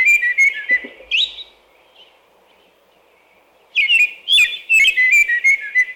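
American robin song: bursts of caroling whistled phrases, a silent gap of about two seconds, then a rapid sequence of phrases with high squeaky notes.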